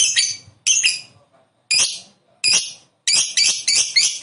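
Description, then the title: Lovebird song: bursts of harsh, high chattering notes in quick clusters, separated by short pauses, growing denser toward the end. "Suara Lovebird"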